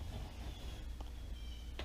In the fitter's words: it just kind of goes up under there and snaps into place